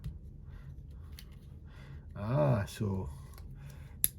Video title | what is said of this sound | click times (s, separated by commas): Roxon multitool review Made with Clipchamp 1 | So they lock into place and you can't put them away without pressing the little safety clip. | 4.0 s